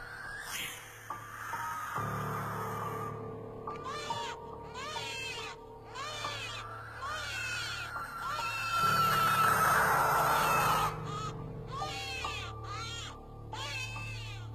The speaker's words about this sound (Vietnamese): Khi bầy chim lợn cất lên những tiếng kêu ghê rợn,